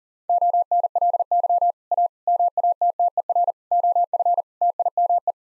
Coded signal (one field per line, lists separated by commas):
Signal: Morse code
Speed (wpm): 40 wpm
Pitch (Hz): 700 Hz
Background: none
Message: ONLY A MATTER OF TIME